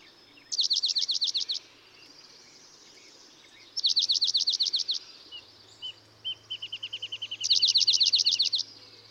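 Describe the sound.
Dark-eyed junco delivers three ringing trills of down-slurred notes; between the second and third, a slower series of short, lower notes begins and runs on under the final trill.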